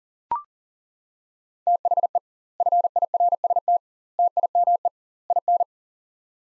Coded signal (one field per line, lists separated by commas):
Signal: Morse code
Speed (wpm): 37 wpm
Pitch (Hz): 700 Hz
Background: none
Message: THE FIRST TIME IN